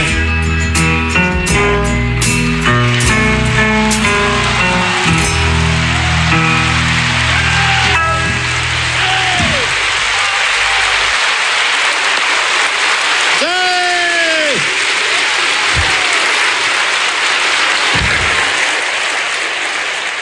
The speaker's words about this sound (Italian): Sembrava onesto lasciare l'applauso, che dici? Accidenti, accidenti, mi piace sempre. Penso che era meritato.